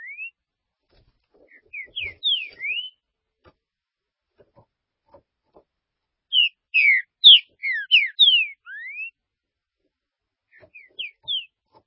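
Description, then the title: Green-winged saltator song: a rising whistle opens, then phrases of loud, slurred whistled notes with pauses between, over faint clicks and taps. "Trinca Ferro"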